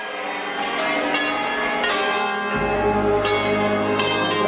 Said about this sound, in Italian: Le campane ora squillano più che mai.